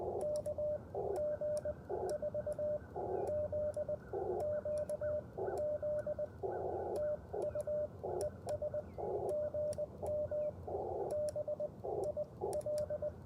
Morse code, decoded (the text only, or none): KG4ZQZ TU ES GM BIL